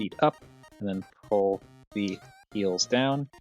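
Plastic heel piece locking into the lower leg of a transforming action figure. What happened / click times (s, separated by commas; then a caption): Handled, not yet home: no seating click yet / none. Someone talks while handling the legs of a plastic transforming action figure, moving the plastic heel pieces that lock into the lower legs. Nothing has seated or clicked yet; the heel pieces have not locked into place by the end of the clip.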